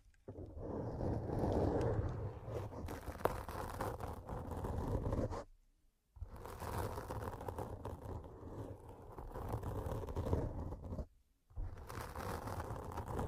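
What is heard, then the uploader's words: Dense, rough scratching runs in three long stretches, broken by short silent gaps near five and a half and eleven seconds. Pure Scratching.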